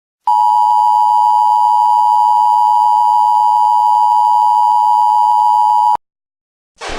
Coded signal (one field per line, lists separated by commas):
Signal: Emergency Alert System (SAME) tones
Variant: 853 and 960 Hz attention tone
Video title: EAS Scenario: Oklahoma Chaos and Maine Abduction